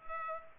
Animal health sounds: mosquito wingbeat signal from an infrared sensor; Culex pipiens

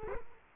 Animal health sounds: mosquito wingbeat signal from an infrared sensor; Culex quinquefasciatus

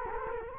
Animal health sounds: mosquito wingbeat signal from an infrared sensor; Culex quinquefasciatus

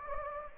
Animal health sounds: mosquito wingbeat signal from an infrared sensor; Anopheles gambiae

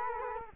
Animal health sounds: mosquito wingbeat signal from an infrared sensor; Culex quinquefasciatus

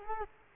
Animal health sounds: mosquito wingbeat signal from an infrared sensor; Culex quinquefasciatus

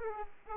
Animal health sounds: mosquito wingbeat signal from an infrared sensor; Aedes aegypti

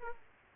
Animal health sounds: mosquito wingbeat signal from an infrared sensor; Aedes aegypti

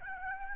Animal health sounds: mosquito wingbeat signal from an infrared sensor; Aedes albopictus

